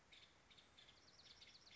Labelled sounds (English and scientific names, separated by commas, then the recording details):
Nuttall's Woodpecker (Dryobates nuttallii)
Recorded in Sonoma County, California